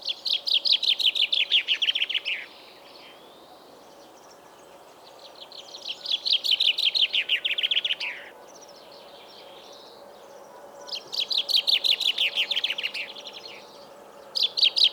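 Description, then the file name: Common chaffinch singing a fast cascading trill that drops in pitch and ends with a flourish, repeated several times with pauses between. "Fringilla coelebs"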